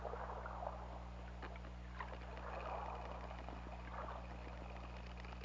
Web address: 2018 Pm OL Orca Lab UTLN JASON 20180216 181519